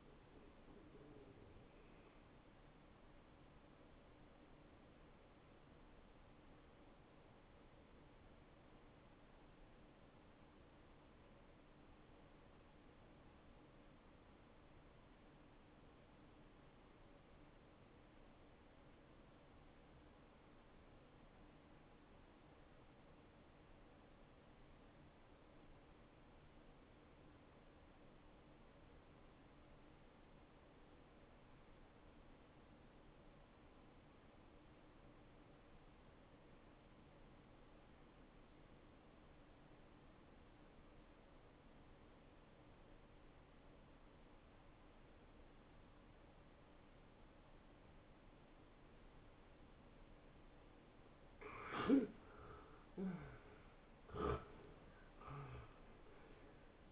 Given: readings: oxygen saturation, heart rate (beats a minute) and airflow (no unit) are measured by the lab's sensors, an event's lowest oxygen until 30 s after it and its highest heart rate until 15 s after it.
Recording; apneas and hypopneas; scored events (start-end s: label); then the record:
breathing in sleep by a voice recorder at the bedside; 1
6.00-52.10 s: hypopnea (N1, oxygen 98% highest, then 84% lowest, heart rate 78 at the start, 79 highest)
12.00-56.92 s: new sleep stage, N2 (light sleep)
From the record:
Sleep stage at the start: N1 (lightest sleep); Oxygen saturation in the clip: 81 to 98%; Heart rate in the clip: 54 to 78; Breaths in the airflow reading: 14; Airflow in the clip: -10.9 to 9.4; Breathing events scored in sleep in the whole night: 263 in 5.5 hours asleep